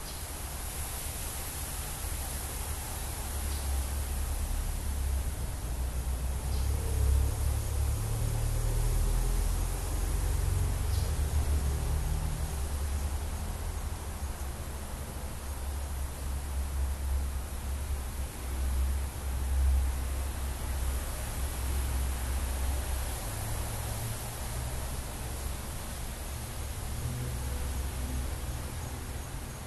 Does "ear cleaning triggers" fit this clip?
no